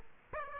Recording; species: mosquito wingbeat signal from an infrared sensor; Aedes aegypti